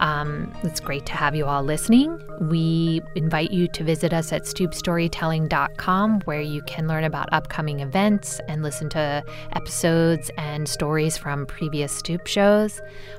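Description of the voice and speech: A single adult speaks fluently at an even, conversational pace with steady, clear voicing and only brief pauses. There are no repeats, blocks, slurring or roughness. This is an ordinary, healthy speaking voice.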